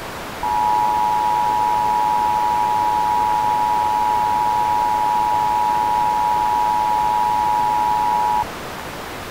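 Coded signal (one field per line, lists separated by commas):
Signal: Emergency Alert System (SAME) tones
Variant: 853 and 960 Hz attention tone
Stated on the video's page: Severe thunderstorm warning alert issued by the National Weather Service in Upton, NY.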